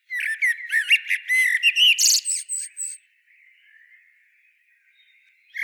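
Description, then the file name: Common blackbird gives one three-second song phrase, fluty notes ending in thin high squeaks, then near silence. "Turdus merula"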